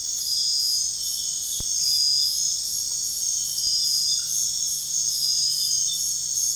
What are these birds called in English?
none